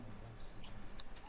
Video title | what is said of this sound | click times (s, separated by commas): Der 4,3l Motor @lance-david-arnold - Das Triebwerk | Und klack, ist der Sicherungsring eingerastet. | 1.0 s